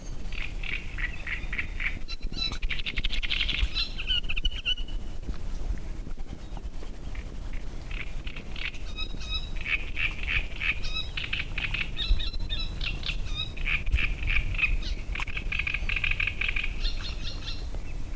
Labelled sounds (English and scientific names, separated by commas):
Great Reed Warbler (Acrocephalus arundinaceus)